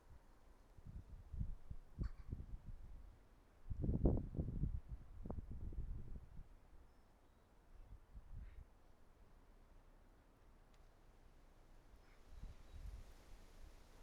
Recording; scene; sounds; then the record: everyday scene through a hearing-aid microphone; wind on the microphone; wind, traffic, birds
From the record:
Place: suburban garden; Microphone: behind the ear, right, front